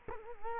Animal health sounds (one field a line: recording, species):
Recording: mosquito wingbeat signal from an infrared sensor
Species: Culex quinquefasciatus